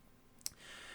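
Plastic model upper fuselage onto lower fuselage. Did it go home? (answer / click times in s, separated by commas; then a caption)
yes / 0.5 s. The plastic upper fuselage half of a Meng 1/48 F/A-18F Super Hornet "Vandy 1" model kit is pressed onto the lower half; once the rear pins are aligned, the nose snaps into place. A faint tick comes at 0.4 s, then a sharp click at 0.5 s, followed by a steady hiss. The fuselage top is seated.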